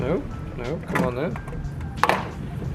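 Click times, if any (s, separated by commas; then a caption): 2.0 s, 2.1 s. A turn signal bulb socket is twisted all the way around into the headlight assembly of a 1999–2016 F250/F350 after a failed first try. Someone talks over faint background music. The socket locks in place with sharp clicks at 2.0 and 2.1 seconds.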